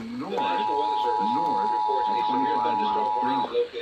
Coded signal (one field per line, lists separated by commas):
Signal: Emergency Alert System (SAME) tones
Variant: 853 and 960 Hz attention tone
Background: speech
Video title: The rest of April’s scrimmage - EAS Alerts from Mid-Late April and early May [EAS #859-907]